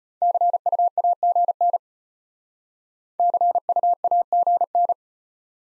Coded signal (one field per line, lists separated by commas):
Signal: Morse code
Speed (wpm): 34 wpm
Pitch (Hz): 700 Hz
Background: none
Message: CUAGN CUAGN